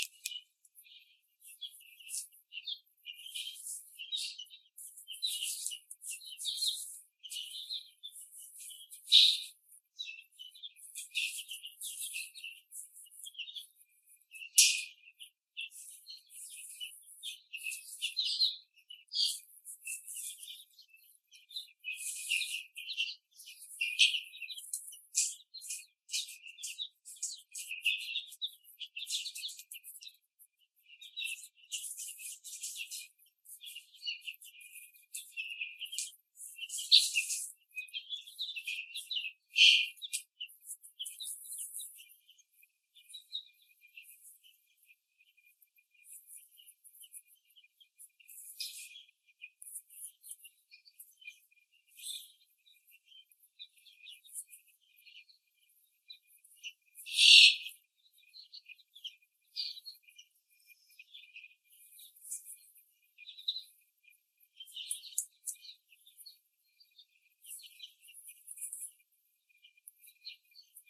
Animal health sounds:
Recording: young laying hens in a cage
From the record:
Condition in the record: after the stressor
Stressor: simulated dog barking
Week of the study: 3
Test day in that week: 1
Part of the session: 2

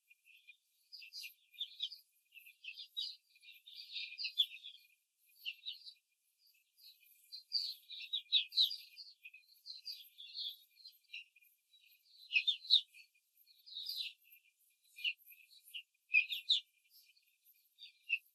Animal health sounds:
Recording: young laying hens in a cage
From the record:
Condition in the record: control cage, before the stress test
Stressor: none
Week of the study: 4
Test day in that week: 1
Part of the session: 3

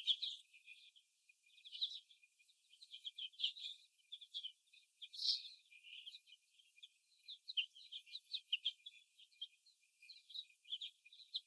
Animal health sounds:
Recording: young laying hens in a cage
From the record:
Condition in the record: before the stressor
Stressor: simulated dog barking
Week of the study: 1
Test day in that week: 1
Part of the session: 2

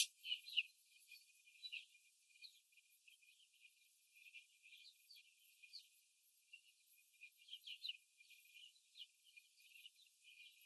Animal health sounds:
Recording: young laying hens in a cage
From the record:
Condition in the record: after the stressor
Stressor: simulated dog barking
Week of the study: 3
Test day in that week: 2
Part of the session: 4

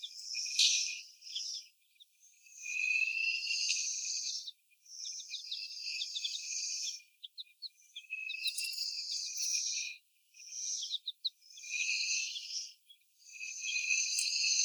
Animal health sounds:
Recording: young laying hens in a cage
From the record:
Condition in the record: before the stressor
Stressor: sudden umbrella opening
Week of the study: 1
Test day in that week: 1

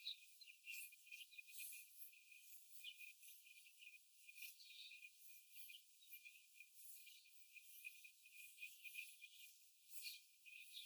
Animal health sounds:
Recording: young laying hens in a cage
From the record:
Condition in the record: after the stressor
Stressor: simulated dog barking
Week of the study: 4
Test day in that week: 1

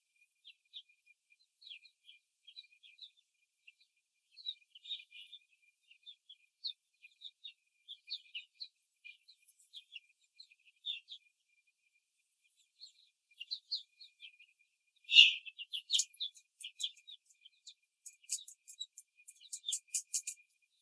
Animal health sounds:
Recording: young laying hens in a cage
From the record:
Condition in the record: control cage, before the stress test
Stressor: none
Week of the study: 4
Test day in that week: 3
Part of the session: 4

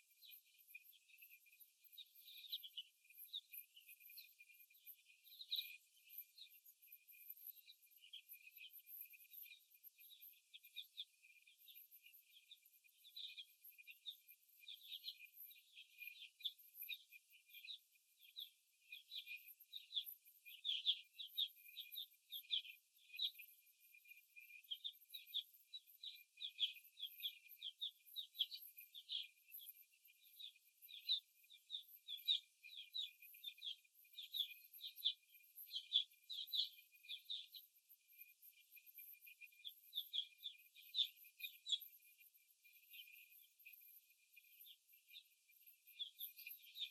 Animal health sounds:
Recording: young laying hens in a cage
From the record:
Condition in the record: after the stressor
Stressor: simulated dog barking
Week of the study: 1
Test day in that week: 2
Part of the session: 3

